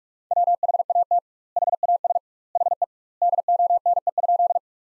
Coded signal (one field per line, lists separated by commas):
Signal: Morse code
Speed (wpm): 42 wpm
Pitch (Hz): 700 Hz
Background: none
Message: WHAT HAS HE DONE?